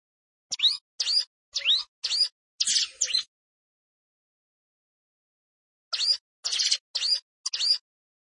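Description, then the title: Prinia singing two bursts of several sharp, buzzy notes, separated by a quiet gap of nearly three seconds. Rice field (sawah) habitat. "Ciblek Sawah 1"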